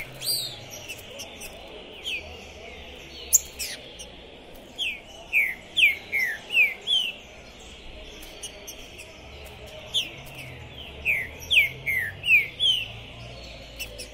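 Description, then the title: Green-winged saltator singing two phrases of five or six clear, downward-slurred whistles, several seconds apart, with a few scattered notes before. Captive trinca-ferro chirping, singing and 'macheando' while warming up for a singing contest, at the tournament entrance; 2021. "ESQUENTAR Seu TRINCA Piando, Cantando E Macheando Na DISPUTA. TRINCA FERRO ficou POSSUÍDO na PORTA do TORNEIO. Trinca Ferro Pistoleiro 2021"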